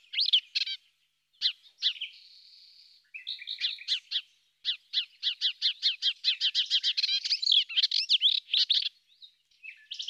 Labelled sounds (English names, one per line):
Melodious Warbler song